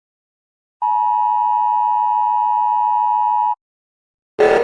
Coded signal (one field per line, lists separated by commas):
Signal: Emergency Alert System (SAME) tones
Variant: 853 and 960 Hz attention tone